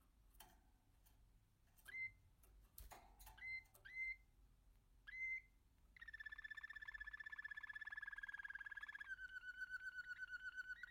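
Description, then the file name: American canary song: scattered sharp chips and clicks, then a fast even rolling trill, changing to a slightly lower, slower trill. "canto do canario americano"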